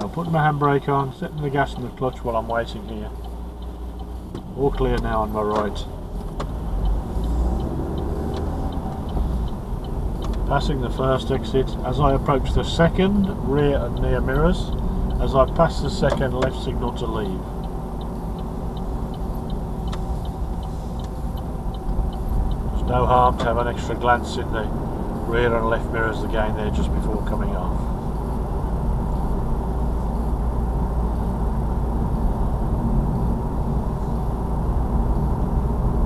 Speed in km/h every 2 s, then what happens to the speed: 0, 0, 0, 0, 18, 19, 19, 21, 21, 23, 21, 24, 31, 32, 35, 35, 34, 35.
0-6 standing. 6-8 pulls away to 18. 8-21 steady at about 21. 21-25 speeds up to 32. 25-36 steady at about 35.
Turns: 10-17.